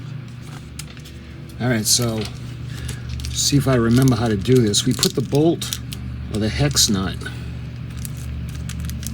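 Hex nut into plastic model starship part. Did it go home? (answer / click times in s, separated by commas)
no / none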